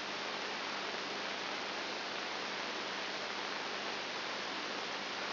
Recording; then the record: brain microelectrode recording played as sound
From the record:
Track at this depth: inside the subthalamic nucleus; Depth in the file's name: 0.702 mm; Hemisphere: right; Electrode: 2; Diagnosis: Parkinson's disease